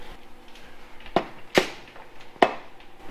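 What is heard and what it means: A bolt is tightened into the threaded hole of a transmission bell housing during reassembly on a Coronet. A few short metallic ticks come first, then the threads give way with a sharp metallic snap at 2.4 seconds. The bolt thread is stripped, which explains the leak.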